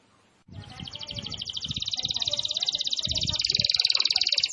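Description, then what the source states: Canary song, a fast high trill growing louder, with low thumping background noise underneath. Canary in full, vigorous song (gacor).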